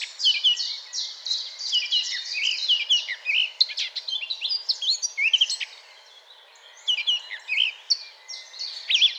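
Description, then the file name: Eurasian blackcap in fast chattering warbles, bursts of mixed scratchy and clearer notes separated by short gaps. "Sylvia atricapilla"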